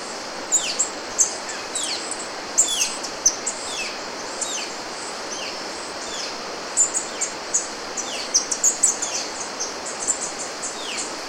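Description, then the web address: Rufous-crested tanager calls: sharp, high, downslurred notes given singly or in quick pairs at irregular intervals over a steady shrill background. Recorded in Ecuador. "Birds of Ecuador. Rufous-crested Tanager"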